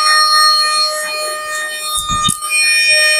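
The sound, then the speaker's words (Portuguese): A vacuum cleaner runs steadily, a loud, constant high-pitched motor whine over a rushing airflow hiss, with a brief low thump and shift in tone partway through. “É um aspirador, ele aspira.”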